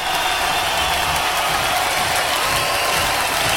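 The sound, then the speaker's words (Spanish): A big concert crowd applauds, whistles, jumps and cheers in a dense, steady roar of clapping that stays loud and unbroken for the few seconds, with no single voice standing out. “Aplaudiendo, chiflando, brincando.”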